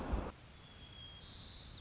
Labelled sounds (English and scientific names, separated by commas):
White-crowned Sparrow (Zonotrichia leucophrys)